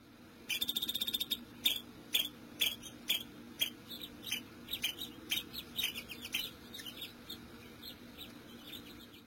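Squirrel chattering: a fast rattling burst of high chips, then sharp clicky notes repeated roughly twice a second, fading toward the end over a faint low hum.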